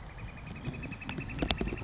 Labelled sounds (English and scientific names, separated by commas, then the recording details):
Northern Flicker (Colaptes auratus)
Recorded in Sonoma County, California